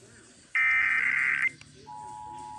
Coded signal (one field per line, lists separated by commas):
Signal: Emergency Alert System (SAME) tones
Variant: header bursts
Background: speech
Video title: HALF AN HOUR EARLY… (San Luis Obispo County Monthly EAS Test from 8/3/23) (EAS #1,071-1,090)